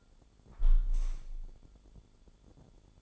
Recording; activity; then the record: daily activity, microphone in the room; close window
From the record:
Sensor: 5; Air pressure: 1015.0 hPa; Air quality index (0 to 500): 109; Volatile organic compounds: 2 ppm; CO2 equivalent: 1168 ppm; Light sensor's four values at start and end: 35/81/33/31 and 35/81/33/31